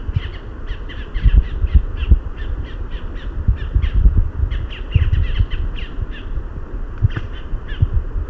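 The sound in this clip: Bird calls, short harsh notes repeated quickly, several each second, layered over a strong low rumble throughout.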